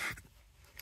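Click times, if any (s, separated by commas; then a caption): none. A wiring harness plug is pushed onto a new heater blower motor speed resistor in an F150: a brief rustling scrape at the start, then near-quiet with a faint brief tick near 0.8 seconds. The connector does not click into place, though the plug is on.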